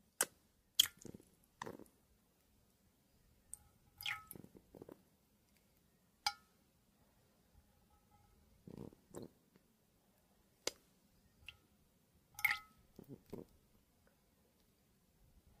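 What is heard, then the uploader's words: Water and glass sounds come in short, separate bursts rather than a steady pour: bright glassy clinks with a brief ringing tone, mixed with soft gurgles, splashes and drips. Events arrive every second or two across the clip, with quiet gaps between them. WATER Pouring Liquid Glass Sounds.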